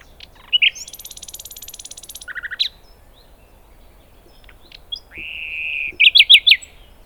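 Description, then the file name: Common nightingale song: a short note, a long high buzzy trill, a long lower drawn-out note, then a fast series of sharp repeated notes. "Luscinia megarhynchos"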